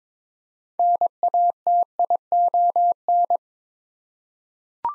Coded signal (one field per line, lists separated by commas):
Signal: Morse code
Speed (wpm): 21 wpm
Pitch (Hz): 700 Hz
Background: none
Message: NATION